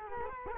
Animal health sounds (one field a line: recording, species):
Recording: mosquito wingbeat signal from an infrared sensor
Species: Culex quinquefasciatus